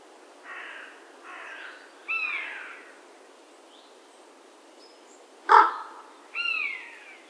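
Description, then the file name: Carrion crow giving a couple of soft hoarse notes, then a louder harsh caw, a sharp abrupt call after a long pause, and a final harsh caw. "Corvus corone"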